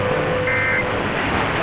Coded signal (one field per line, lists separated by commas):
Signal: Emergency Alert System (SAME) tones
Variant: end-of-message bursts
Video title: Pennsylvania Required Monthly Tests (12/16/21)(EAS 1021-1028)